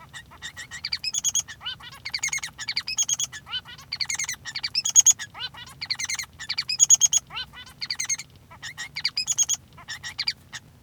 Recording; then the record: song of a male Bengalese finch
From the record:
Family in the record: son of father 3